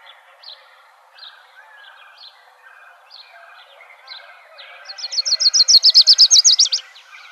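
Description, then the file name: Lucy's Warbler song: scattered soft high chips for several seconds, then a fast, bright trill of repeated slurred notes building in volume before stopping suddenly. Recorded 2 May 2005. "LUWA 4 deviche"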